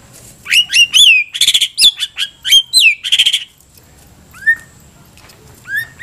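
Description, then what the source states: White-rumped shama song: loud, varied whistled phrases with sharp upslurred and downslurred notes and rapid buzzy trills, followed by a pause and two softer slurred whistles. Masteran recording: tutor song for training caged birds.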